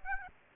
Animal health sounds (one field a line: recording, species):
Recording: mosquito wingbeat signal from an infrared sensor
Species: Aedes aegypti